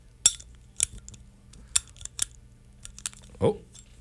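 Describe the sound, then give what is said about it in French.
Sharp metallic clicks and glassy taps at uneven intervals as a beer bottle is worked open, followed by a brief, louder burst near the end, with no talking. “Et on va aller l'ouvrir, cette bière. On va se baisser la trame et on va aller l'écouter chanter.”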